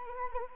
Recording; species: mosquito wingbeat signal from an infrared sensor; Anopheles arabiensis